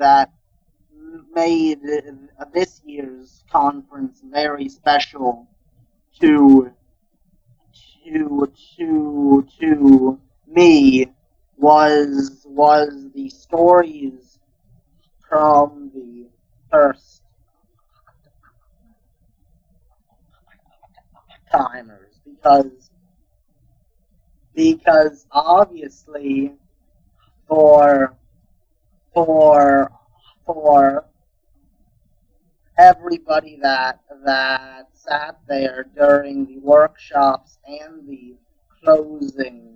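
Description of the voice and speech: A 16-year-old boy from northern New Jersey who stutters speaks in short bursts broken by long silent blocks of up to four seconds, with prolonged syllables and repeated sounds such as "fer... fer... fer" and "was, was". These blocks, prolongations and repetitions are typical of stuttering.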